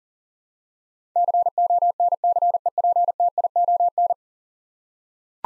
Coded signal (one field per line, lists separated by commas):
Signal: Morse code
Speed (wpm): 40 wpm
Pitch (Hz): 700 Hz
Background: none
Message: CONCEPTION